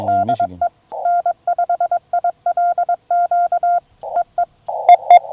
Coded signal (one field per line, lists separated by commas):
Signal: Morse code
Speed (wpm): 21 wpm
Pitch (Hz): 700 Hz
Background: none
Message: DE N5ILQ EE EE